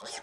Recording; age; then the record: pig call; piglet (1 to 25 days)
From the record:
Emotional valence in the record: negative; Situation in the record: long isolation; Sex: female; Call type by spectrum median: high-frequency call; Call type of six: mixed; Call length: 0.23 s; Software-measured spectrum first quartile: 1096 Hz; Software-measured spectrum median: 3296 Hz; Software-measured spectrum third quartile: 6001 Hz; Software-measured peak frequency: 800 Hz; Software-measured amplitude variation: 100 dB a second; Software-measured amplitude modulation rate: 15.3 a second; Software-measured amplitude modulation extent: 6.6 dB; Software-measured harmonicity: -0.3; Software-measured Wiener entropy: -1.65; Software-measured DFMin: 933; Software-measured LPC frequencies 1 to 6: 726, 1703, 2043, 3292, 5293, 6632 Hz